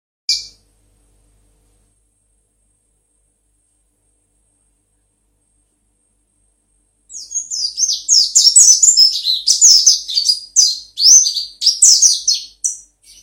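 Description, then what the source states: White-eye song: a brief chirp, a long silence, then a rapid, rolling stream of high, sweet twittering notes. Pleci (white-eye) songs; the song style is described as ngalas ngeroll.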